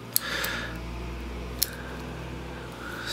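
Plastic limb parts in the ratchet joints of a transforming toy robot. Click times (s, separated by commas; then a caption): 0.2 s, 1.6 s. Plastic limb parts of a Transformers Combiner Wars Devastator toy figure are pulled outward during the transformation to robot mode until their ratchet joints click into position. Two sharp clicks sound at 0.2 s and 1.6 s over a steady low hum, and the joints are seated.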